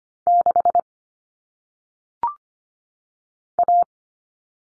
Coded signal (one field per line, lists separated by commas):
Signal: Morse code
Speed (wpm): 25 wpm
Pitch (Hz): 700 Hz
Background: none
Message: 6 A